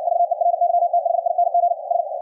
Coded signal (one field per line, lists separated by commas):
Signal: Morse code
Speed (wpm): 61 wpm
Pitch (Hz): 700 Hz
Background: radio noise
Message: VERYTHING S